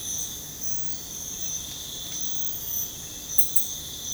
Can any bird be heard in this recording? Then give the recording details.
no. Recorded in secondary vegetation near Puerto Asís, Putumayo, Colombia, on 21 February 2024 at 04:30. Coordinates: 0.472, -76.331. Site G6371